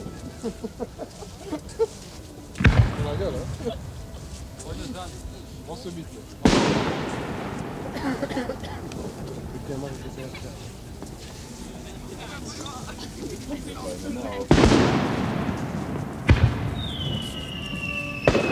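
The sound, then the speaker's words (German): Fireworks go off in four loud, booming bursts spaced irregularly, each trailing into a crackling fade, with a whistling streak near the end and a low murmur of voices underneath. “Aber er wollte nur von einem Auto auf ein Feuerwerk übergehen.”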